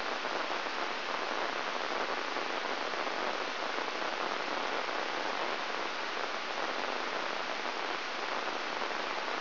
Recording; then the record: brain microelectrode recording played as sound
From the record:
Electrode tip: inside the subthalamic nucleus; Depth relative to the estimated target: 1.2 mm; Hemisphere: right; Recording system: AlphaMap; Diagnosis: Parkinson's disease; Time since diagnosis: 20 years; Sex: female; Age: 65 years